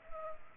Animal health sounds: mosquito wingbeat signal from an infrared sensor; Culex pipiens

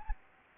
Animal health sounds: mosquito wingbeat signal from an infrared sensor; Anopheles arabiensis

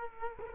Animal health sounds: mosquito wingbeat signal from an infrared sensor; Culex quinquefasciatus

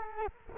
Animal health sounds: mosquito wingbeat signal from an infrared sensor; Culex quinquefasciatus

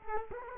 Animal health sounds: mosquito wingbeat signal from an infrared sensor; Culex quinquefasciatus

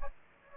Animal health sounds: mosquito wingbeat signal from an infrared sensor; Aedes aegypti

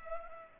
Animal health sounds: mosquito wingbeat signal from an infrared sensor; Culex pipiens

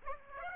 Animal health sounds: mosquito wingbeat signal from an infrared sensor; Aedes aegypti

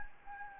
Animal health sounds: mosquito wingbeat signal from an infrared sensor; Anopheles gambiae

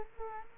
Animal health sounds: mosquito wingbeat signal from an infrared sensor; Culex quinquefasciatus

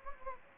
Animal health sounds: mosquito wingbeat signal from an infrared sensor; Anopheles gambiae

